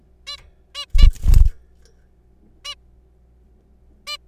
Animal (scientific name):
Taeniopygia guttata